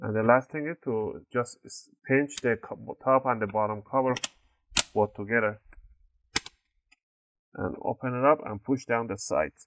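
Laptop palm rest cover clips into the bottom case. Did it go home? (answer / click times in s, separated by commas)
yes / 6.4 s, 6.9 s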